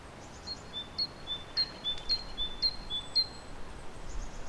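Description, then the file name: Great tit song: a sharp high note alternating with a lower whistled note, about six pairs repeated quickly, over a steady background hiss. "Parus major"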